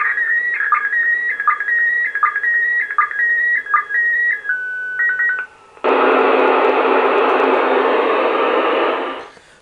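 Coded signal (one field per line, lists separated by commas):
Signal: SSTV (slow-scan television)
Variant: PD180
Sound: warbling high tone with regular short low clicks for five seconds, then loud hiss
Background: radio static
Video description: Slow Scan TV (SSTV) received in Southern England (West Sussex) from the International Space Station on the evening of 31 January 2015.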